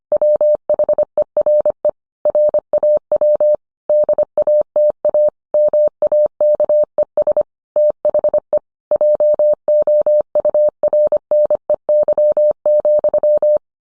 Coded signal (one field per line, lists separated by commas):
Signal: Morse code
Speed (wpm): 25 wpm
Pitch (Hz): 600 Hz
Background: none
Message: WHERE RAW DATA MAKES THE JOURNEY,